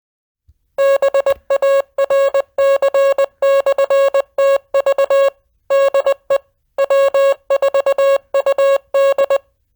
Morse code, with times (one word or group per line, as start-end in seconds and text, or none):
0.8-5.3 BARC/TV
5.7-6.4 DE
6.8-9.4 W4UD